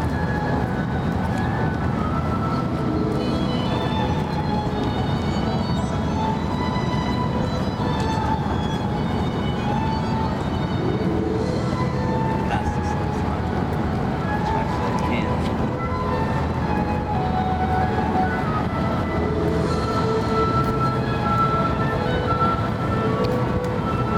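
Theme park sounds: a steady, dense rumble of machinery and a crowd of voices, with scattered whistling tones and clanks throughout.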